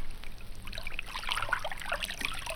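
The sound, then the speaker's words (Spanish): A full-flowing river gurgles and splashes steadily, a continuous bubbly rush with brighter trickling sparkles throughout and no voices. “Al reírse el gato, había dejado de mirar a la estrella y había soltado la aguja, que fue a parar al fondo del caudaloso río.”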